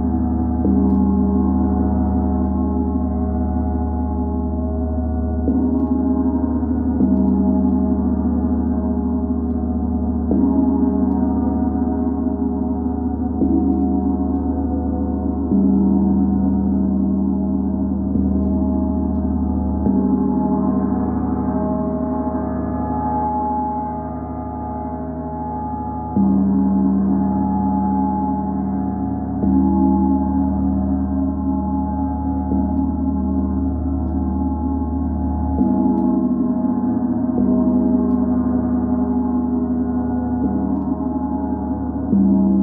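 A gong sounds with deep, sustained vibrations that hum and swell steadily throughout, its tones layered and shimmering in the low and middle range. The texture shifts gently every few seconds as new strokes blend in, with nothing bright above the warm, continuous drone.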